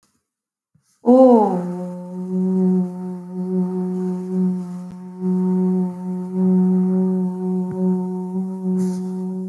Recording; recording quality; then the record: sustained vowel as in boot; excellent, no background noise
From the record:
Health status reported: healthy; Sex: female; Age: 38 years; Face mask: not worn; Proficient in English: yes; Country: India